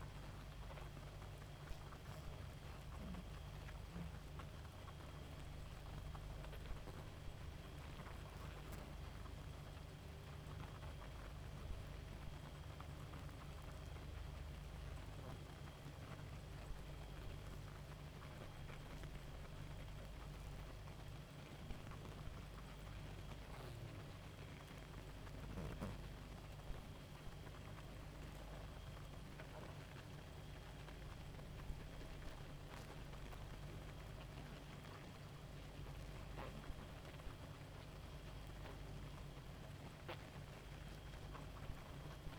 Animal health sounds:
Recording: honeybee colony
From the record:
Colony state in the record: active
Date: 28 July 2017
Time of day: 0:41

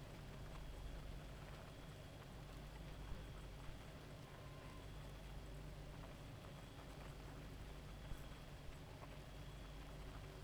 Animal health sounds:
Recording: honeybee colony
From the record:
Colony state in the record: active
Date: 28 July 2017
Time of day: 1:35

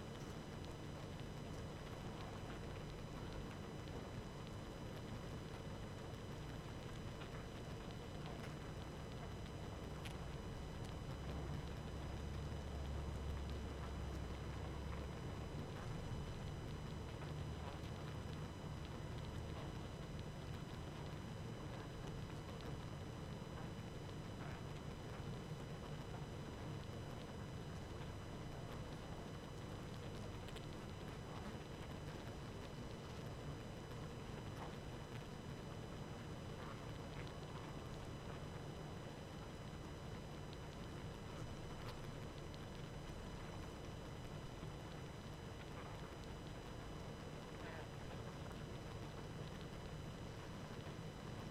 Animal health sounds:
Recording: honeybee colony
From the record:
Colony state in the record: active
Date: 12 June 2018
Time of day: 23:09

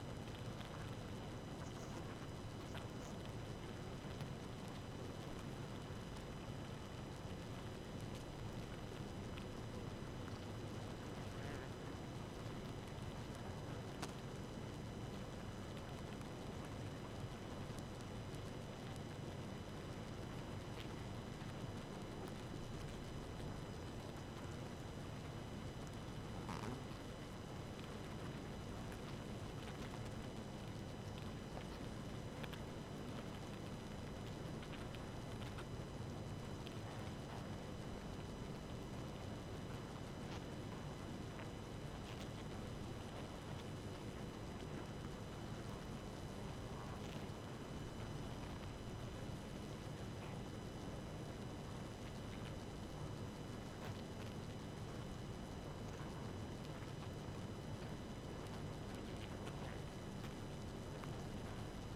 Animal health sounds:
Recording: honeybee colony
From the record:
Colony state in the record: active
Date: 12 June 2018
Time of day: 1:07

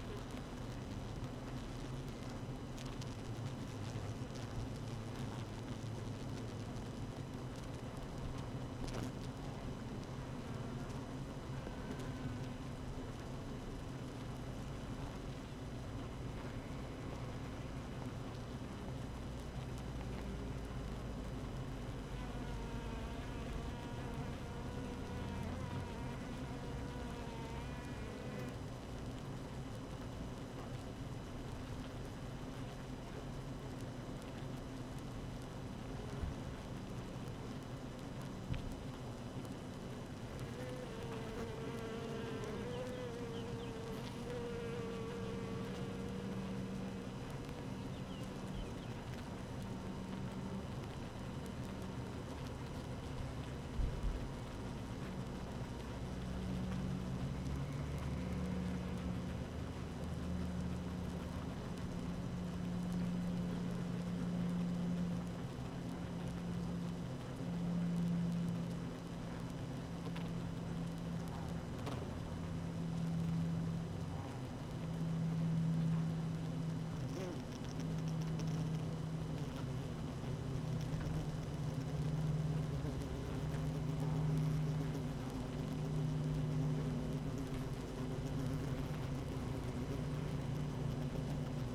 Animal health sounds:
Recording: honeybee colony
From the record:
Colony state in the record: active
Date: 12 June 2018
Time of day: 7:35

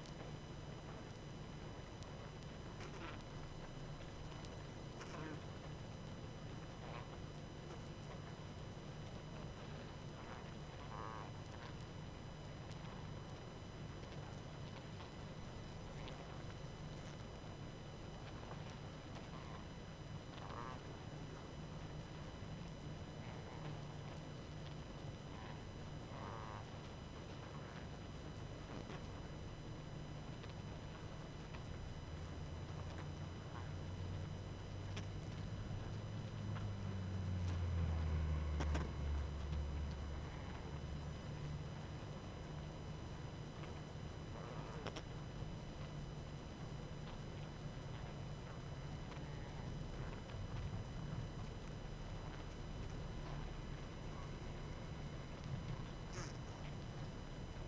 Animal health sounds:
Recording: honeybee colony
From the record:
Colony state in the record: active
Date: 12 June 2018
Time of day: 20:46

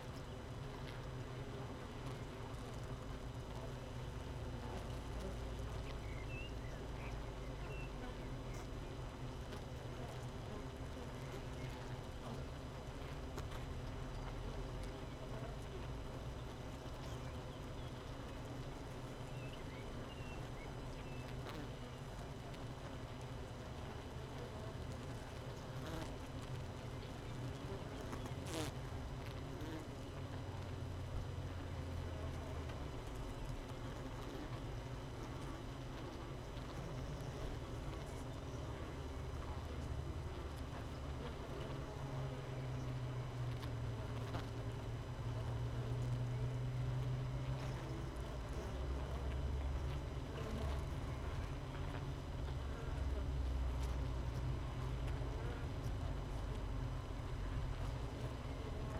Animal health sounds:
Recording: honeybee colony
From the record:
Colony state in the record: missing queen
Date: 31 May 2018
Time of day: 6:52

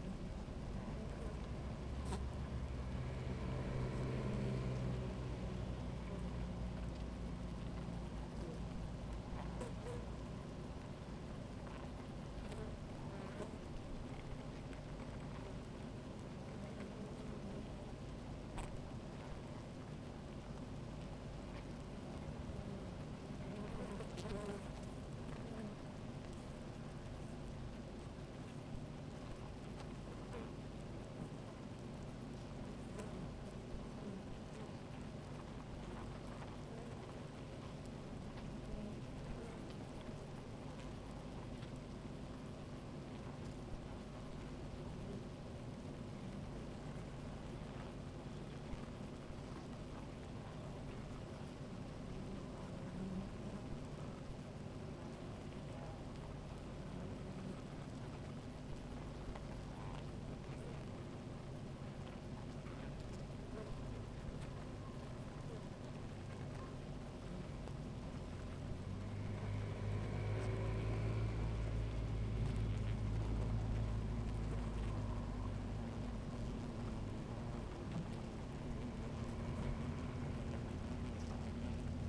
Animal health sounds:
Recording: honeybee colony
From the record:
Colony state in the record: active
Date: 28 July 2017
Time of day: 16:46

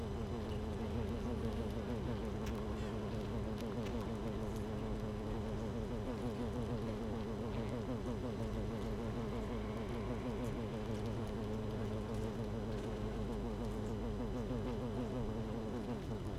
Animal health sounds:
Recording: honeybee colony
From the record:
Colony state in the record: missing queen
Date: 31 May 2018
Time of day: 7:20

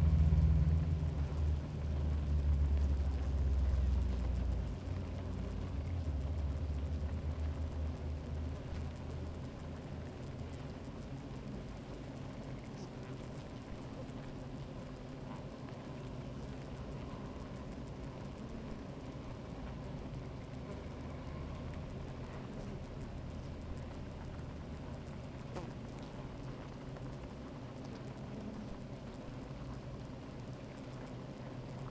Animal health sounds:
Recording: honeybee colony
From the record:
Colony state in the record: active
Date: 28 July 2017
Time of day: 13:17

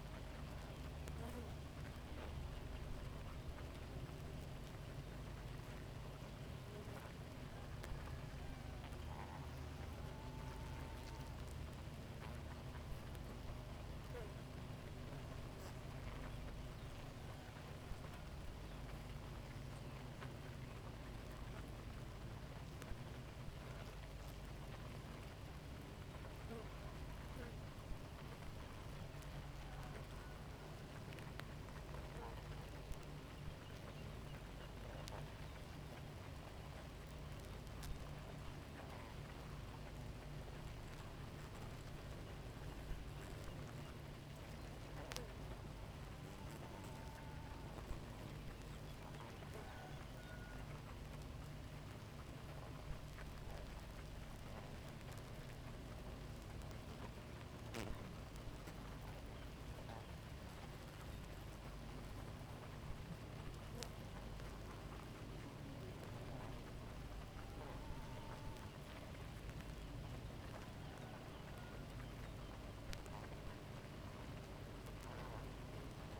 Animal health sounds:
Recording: honeybee colony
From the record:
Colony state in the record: active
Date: 28 July 2017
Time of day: 4:00

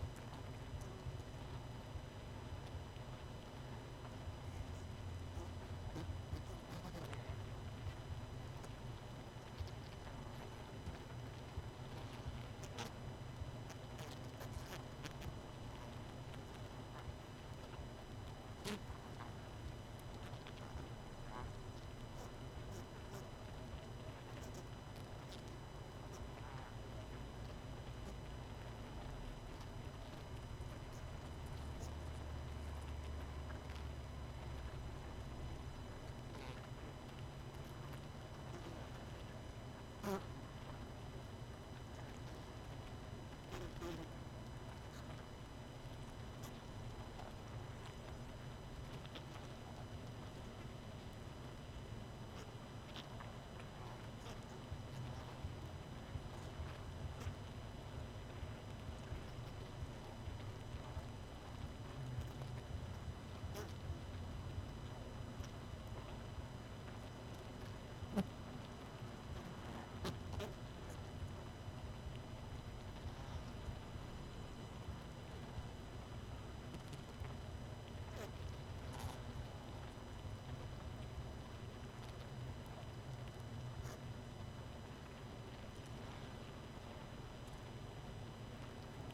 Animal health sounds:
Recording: honeybee colony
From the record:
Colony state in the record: missing queen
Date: 31 May 2018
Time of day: 20:54

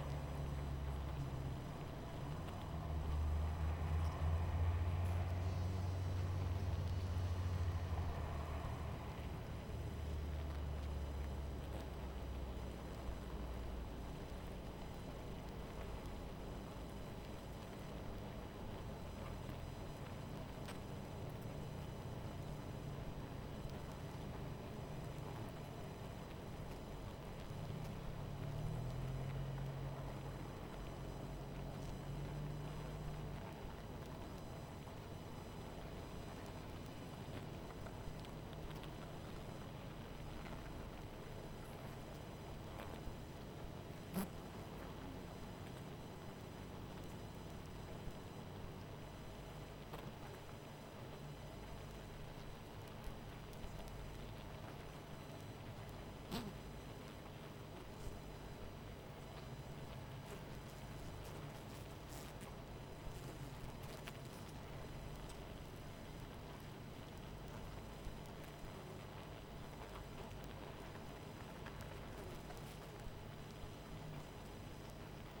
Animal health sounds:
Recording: honeybee colony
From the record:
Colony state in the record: missing queen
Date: 14 July 2017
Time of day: 23:01

